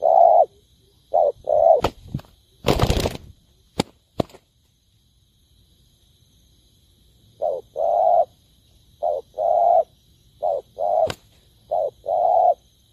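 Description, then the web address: Spotted dove coos at the start and again toward the end. Between them come sharp cracks and a rattling, noisy burst. Cooing (Vietnamese: gáy). "tieng cu dat gay. tieng dong vat"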